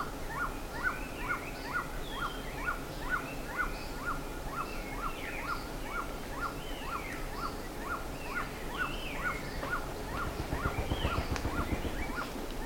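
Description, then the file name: Bird calls: a steady run of short notes, roughly two per second, over looping higher whistles, with a low rumbling noise building near the end. "SABIOD 50 bird 2015"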